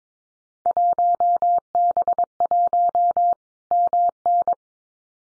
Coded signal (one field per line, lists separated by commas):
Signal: Morse code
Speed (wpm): 22 wpm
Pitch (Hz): 700 Hz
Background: none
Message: 1B1 MN